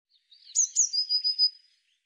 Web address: cianscape birddata Deverinetal Bird Cy Ca